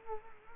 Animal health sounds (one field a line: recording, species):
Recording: mosquito wingbeat signal from an infrared sensor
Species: Culex quinquefasciatus